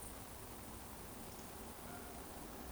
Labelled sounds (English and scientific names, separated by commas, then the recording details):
Eurasian Woodcock (Scolopax rusticola) whistle
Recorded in Baden-Württemberg, Germany, on 23 June 2020 at 20:37 UTC
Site 14569, 102 m above sea level